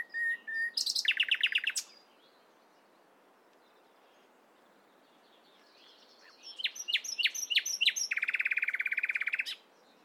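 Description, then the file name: Common nightingale song with a short whistle, a loud fast trill, a long pause, then accelerating notes ending in a rapid buzzy rattle. "Luscinia megarhynchos"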